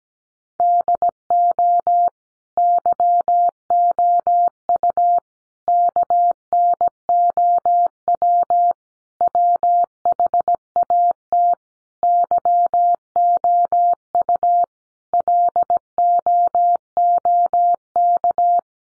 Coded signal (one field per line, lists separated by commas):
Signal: Morse code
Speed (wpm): 17 wpm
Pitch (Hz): 700 Hz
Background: none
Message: DO YOU KNOW WHAT YOU LOOK